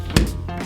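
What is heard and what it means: A new single-lever Delta shower faucet cartridge is pushed into the shower valve body and wiggled back and forth and up and down past the O-ring resistance. It pops into place with a sharp knock at 0.2 s. The cartridge is seated.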